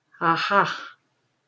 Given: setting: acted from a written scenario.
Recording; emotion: vocal sound without words; contentment